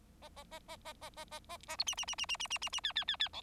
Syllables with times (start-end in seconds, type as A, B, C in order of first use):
0.21-0.29 A, 0.36-0.43 A, 0.51-0.59 A, 0.68-0.76 A, 0.84-0.93 A, 1.01-1.10 A, 1.16-1.25 A, 1.31-1.39 A, 1.49-1.57 A, 1.68-1.76 A, 1.78-1.84 B, 1.86-1.95 C, 1.97-2.05 C, 2.07-2.15 C, 2.18-2.26 C, 2.28-2.37 C, 2.39-2.47 C, 2.50-2.58 C, 2.61-2.69 C, 2.72-2.80 C, 2.83-2.92 D, 2.95-3.04 D, 3.07-3.16 D, 3.19-3.29 D, 3.33-3.42 E